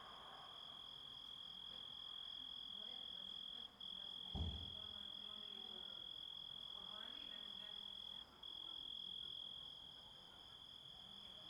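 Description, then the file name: Grasshopper stridulation: a steady, high whine broken by two brief gaps, with a short low thump near the middle. Composite recording of grasshopper sounds. "engisprettur samsett hljo rit"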